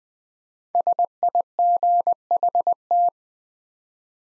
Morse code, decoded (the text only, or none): SIGHT